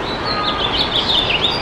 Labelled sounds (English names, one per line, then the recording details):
House Finch song
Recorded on Long Island, New York, on 13 June 2011
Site MH
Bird A